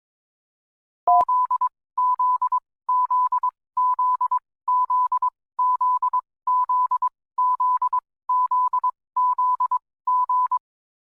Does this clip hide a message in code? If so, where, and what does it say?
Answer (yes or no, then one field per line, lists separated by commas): yes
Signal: Morse code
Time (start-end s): 1.1-10.6 s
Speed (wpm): 22 wpm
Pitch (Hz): 1000 Hz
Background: none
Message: Z Z Z Z Z Z Z Z Z Z G